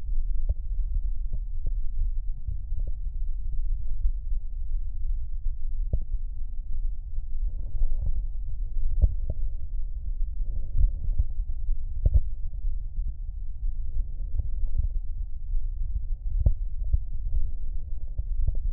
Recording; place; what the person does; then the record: lung sounds by stethoscope; left anterior apical chest; quiet breathing, then deep breathing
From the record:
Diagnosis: interstitial lung disease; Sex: male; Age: 65 years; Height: 161 cm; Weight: 74.6 kg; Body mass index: 28.8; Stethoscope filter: extended mode